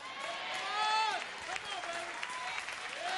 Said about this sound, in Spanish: Le doy un aplauso al Señor.